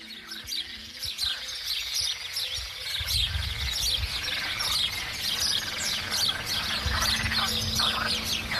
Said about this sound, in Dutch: Bij zijn vertrek uit El Borgo Ranero werd Ron Morenhout uitgeleide gedaan door kikkers en mussen. Ze keken hem na tot hij aan de horizon verdwenen was.